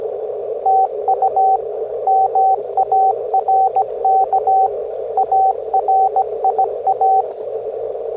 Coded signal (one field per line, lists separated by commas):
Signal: Morse code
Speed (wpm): 17 wpm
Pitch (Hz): 770 Hz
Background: radio noise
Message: TU MARK ARIA